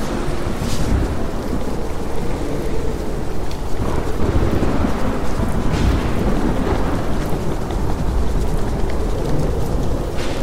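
A storm roars steadily throughout, with dense rain hiss over a deep, continuous rumble that feels heavy. Brief brighter gusts or splashes flare up around the first second, near six seconds and again toward the end, while the overall level stays even.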